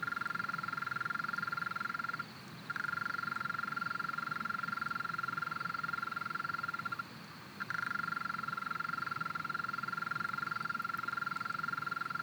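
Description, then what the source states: European mole cricket song, a long steady buzzing trill broken by two brief pauses of about half a second, over a quiet outdoor background. Small population in a flooded alpine pasture at 1250 m, Le Villard, Drôme, 3 May 2020; heard there each year at this season; stereo recording, Nagra Seven with MKH40 microphone.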